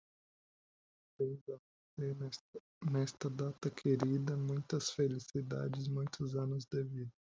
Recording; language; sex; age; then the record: short text; Brazilian Portuguese; male; 20 to 29 years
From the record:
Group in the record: control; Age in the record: 27 years